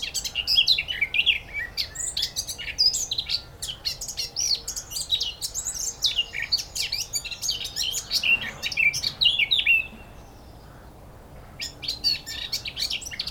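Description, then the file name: Eurasian blackcap song, rich rapid warble of mixed scratchy and fluty notes, pausing near the end before resuming briefly. "Sylvia atricapilla"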